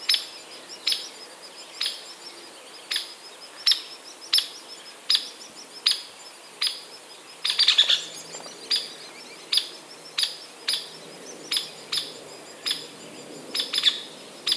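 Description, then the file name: Hairy woodpecker giving sharp, loud peek calls in a steady series, less than a second apart, with a brief rapid chatter near the middle. "Picoides villosus - Hairy Woodpecker"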